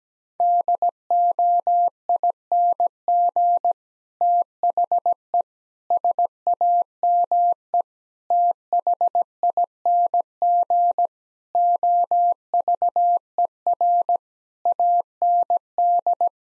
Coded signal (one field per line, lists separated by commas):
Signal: Morse code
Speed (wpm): 17 wpm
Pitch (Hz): 700 Hz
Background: none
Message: DOING THE SAME THING OVER AND